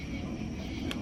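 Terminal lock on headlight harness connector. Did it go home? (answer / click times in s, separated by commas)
no / none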